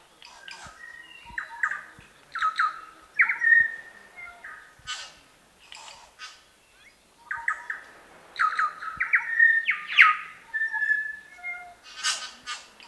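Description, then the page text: New Zealand bellbird calling: clear, ringing whistled notes mixed with harsher notes and clicks, in phrases with short pauses. "Chris Benesh - Медосос-колокольчик, или Макомако (Anthornis melanura)"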